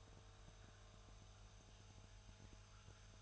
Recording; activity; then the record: daily activity, microphone in the room; make coffee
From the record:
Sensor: 2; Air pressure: 1001.9 hPa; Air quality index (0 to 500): 248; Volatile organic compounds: 39 ppm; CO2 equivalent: 3138 ppm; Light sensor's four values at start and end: 8/27/10/10 and 8/27/10/10